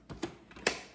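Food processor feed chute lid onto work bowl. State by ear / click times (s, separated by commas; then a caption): seated / 0.7 s. The feed chute lid of a food processor is fitted onto the work bowl and turned until it locks. Soft clacks at about 0.1 s and 0.2 s lead to one sharp plastic click at 0.7 s, which then rings down. The lid is seated and locked in place.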